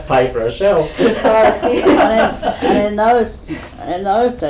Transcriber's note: laughs